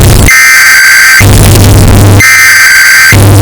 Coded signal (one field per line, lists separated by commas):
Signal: Emergency Alert System (SAME) tones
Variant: header bursts